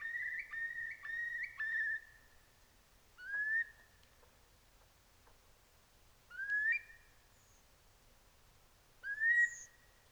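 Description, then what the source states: Eurasian curlew calls: several rising whistled notes, a quick run of them at the start and then single calls, with faint thin high seeps from another bird. Recorded at night, with redwing calling alongside.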